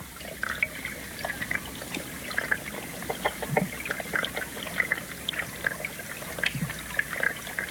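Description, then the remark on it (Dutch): Underwater sound of the small river Dieze near 's-Hertogenbosch, recorded by Marcel Maas with hydrophones: a steady bubbling, trickling wash with scattered clicks and faint low thumps, continuous and fairly quiet with no voices. “Maar ook Marcel Maas stak zijn hydrofoons, zijn onderwatermicrofoons, in het water. Riviertje de Dieze bij 's-Hertogenbosch levert dan dit geluid op.”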